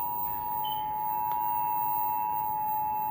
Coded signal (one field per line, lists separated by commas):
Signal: Emergency Alert System (SAME) tones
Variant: 853 and 960 Hz attention tone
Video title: Severe Thunderstorm Watch 657 (2023) EAS (Cox) 8/24/23